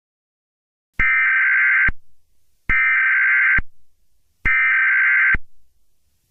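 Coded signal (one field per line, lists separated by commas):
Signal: Emergency Alert System (SAME) tones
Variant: header bursts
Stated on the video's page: Fictional analog horror EAS scenario, not a real emergency broadcast.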